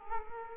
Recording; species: mosquito wingbeat signal from an infrared sensor; Culex quinquefasciatus